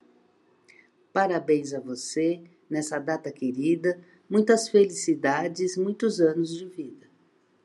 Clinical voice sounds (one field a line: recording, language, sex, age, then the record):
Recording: short text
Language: Brazilian Portuguese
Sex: female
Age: 60 to 69 years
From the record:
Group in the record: control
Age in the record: 61 years